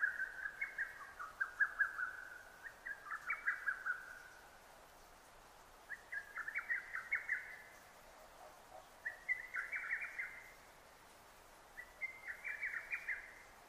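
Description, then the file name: Lesser cuckoo song: loud, hurried phrases of sharp whistled notes, repeated about every two to three seconds. Recorded 6 June 2009; Japanese name hototogisu. "hototogisu 20090606"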